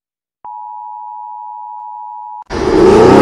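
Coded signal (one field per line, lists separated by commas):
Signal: Emergency Alert System (SAME) tones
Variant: 853 and 960 Hz attention tone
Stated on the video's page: Fictional alert alarm for Montserrat, made on request.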